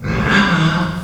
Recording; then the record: squeal of a Yucatan mini pig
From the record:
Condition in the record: after surgery on the right vocal fold (resection and tissue-engineered implant); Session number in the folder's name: 16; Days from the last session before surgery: 183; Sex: female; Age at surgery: 19 weeks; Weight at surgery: 25 kg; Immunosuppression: prednisolone